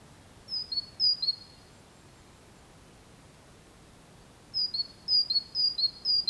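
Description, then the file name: Great tit singing a couple of high-low note pairs, pausing about three seconds, then resuming with a longer string of repeated two-note phrases. "Parus major"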